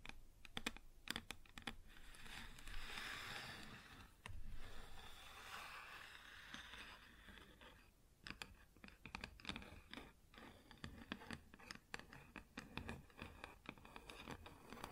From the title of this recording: Wood Surface Tapping & Scratching